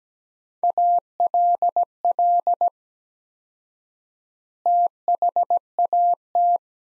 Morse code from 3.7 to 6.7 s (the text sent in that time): THAT